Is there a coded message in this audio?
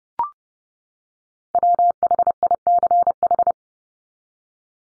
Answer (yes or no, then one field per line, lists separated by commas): yes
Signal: Morse code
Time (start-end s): 1.5-3.5 s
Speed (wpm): 30 wpm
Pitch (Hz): 700 Hz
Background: none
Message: WHICH